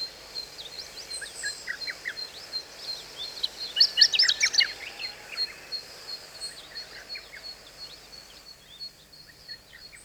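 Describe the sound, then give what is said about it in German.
Skylarks twitter continuously in rapid, high-pitched trills and chirps, the chorus swelling to its busiest around the middle before easing slightly, with no voices present. “Auch ein langer Tag reicht nicht aus zum Zwitschern. Ach, diese Lärchen.”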